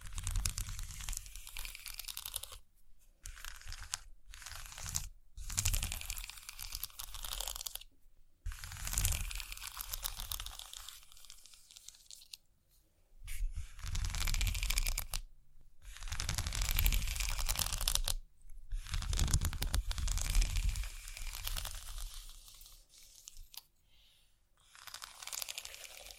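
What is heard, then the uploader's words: Scratching sounds come in dense, crackly bursts of papery, crunchy texture, bright and hissy with a low rumble underneath. Bursts last a few seconds each, separated by abrupt silent gaps around 3, 5, 8, 15 and 18 seconds, with quieter stretches near 13 and 23 seconds. ASMR Scratching.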